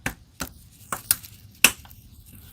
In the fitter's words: and it will just snap in the place it feels horrible cuz it's squishy but that's what works sorry about the camera we're